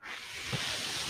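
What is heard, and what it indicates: Steady airy hiss with a brief soft low bump, the airflow noise of a home mechanical ventilator.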